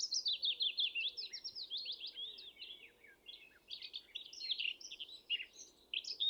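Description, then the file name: Eurasian blackcap singing a fast, jumbled warble of quick notes, with faint low rising-and-falling sounds beneath in the first half. "Sylvia atricapilla"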